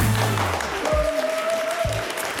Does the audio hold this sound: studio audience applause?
yes